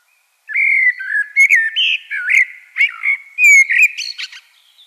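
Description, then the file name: Common blackbird song: a continuous run of low fluty whistles mixed with sharp high squeaky twitters, ending quietly. "Turdus merula"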